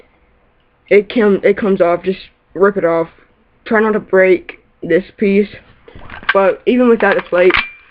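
An airsoft magazine with its bottom plate removed is handled near a gun's magazine well while someone talks through most of the clip. Nothing has seated or clicked yet; the clip ends just before the magazine goes home.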